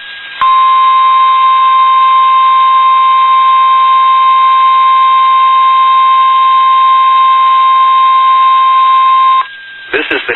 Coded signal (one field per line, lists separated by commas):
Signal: Emergency Alert System (SAME) tones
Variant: 1050 Hz attention tone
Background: speech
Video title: The typical NWR Weeklies + other goodies (EAS #725-#737)